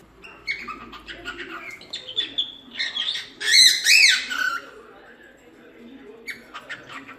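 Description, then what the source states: Cockatiels chattering in a busy mix of warbled chirps and short squeaky notes, rising to a louder burst of harsh, buzzy calls midway before settling back to soft chatter. Several cockatiels whistling.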